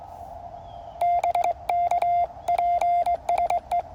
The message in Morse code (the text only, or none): BK PSE